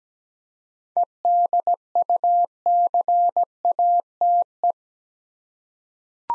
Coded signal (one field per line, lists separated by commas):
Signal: Morse code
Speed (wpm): 17 wpm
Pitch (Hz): 700 Hz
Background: none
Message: EDUCATE